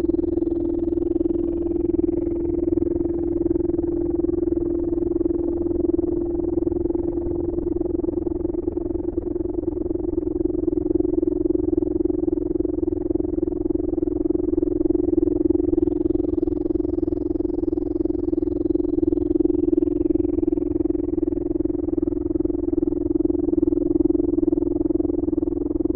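A binaural isochronic tone holds one steady low-mid pitch for the whole stretch, never changing. Beneath it runs a dense, rapid fluttering pulse with a low hum, and the level swells slightly after the first third before staying even.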